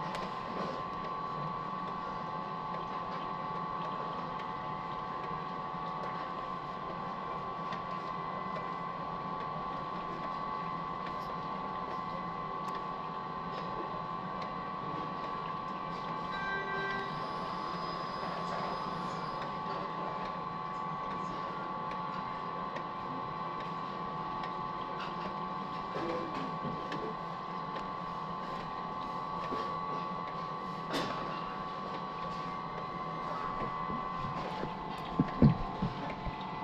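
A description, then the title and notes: Inside a revolving sushi restaurant, a conveyor's steady mechanical whir and a constant midrange drone hold at an even level throughout. Faint clatter and muffled activity sit beneath, with a brief soft chime near the middle and a few sharp clicks close to the end. Kura Revolving sushi bar. Sounds from the restaurant.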